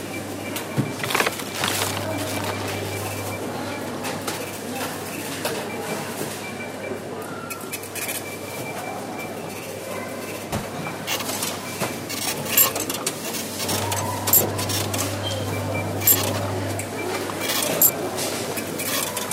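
Busy shop ambience with murmured voices, scattered clinks and clatters, and a low machine hum that swells twice, steady throughout.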